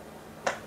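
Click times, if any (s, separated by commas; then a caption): 0.5 s. The ratcheting clamp arm of an adjustable monitor-top shelf bracket is moved out one more detent. A single sharp click at 0.5 s rises above a quiet background. The lever seats in its next detent.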